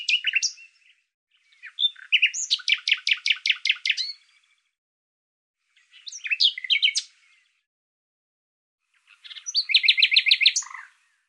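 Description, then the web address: Bird calling in four separate bursts of rapid, evenly repeated chirping notes, high and trilled, with short silent gaps between phrases. "Deverinetal 2025"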